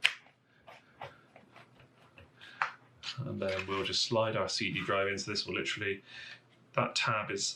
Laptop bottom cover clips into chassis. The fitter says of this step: i generally do it a couple of times just to make sure that i've got everything clicked in